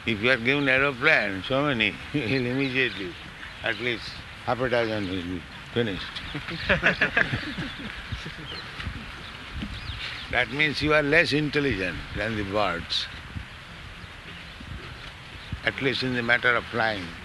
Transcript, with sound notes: If you are given aeroplane, so many, you'll immediately, at least half a dozen will be finished. [laughter] That means you are less intelligent than the birds, at least in the matter of flying.